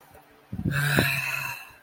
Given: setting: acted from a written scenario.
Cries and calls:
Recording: vocal sound without words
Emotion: anger

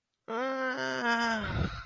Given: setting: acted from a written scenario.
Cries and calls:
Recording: vocal sound without words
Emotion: pain

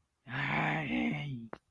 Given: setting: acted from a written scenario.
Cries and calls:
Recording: vocal sound without words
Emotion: anger

